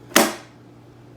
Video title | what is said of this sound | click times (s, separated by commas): Do You Need to Repair Your Game Discs to Sell on eBay | it says make sure you hear the lid snap it did | 0.2 s